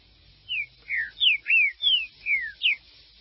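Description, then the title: Green-winged saltator song: seven clear whistled notes in a quick series, mostly slurring downward, evenly paced across three seconds. "Trinca Ferro"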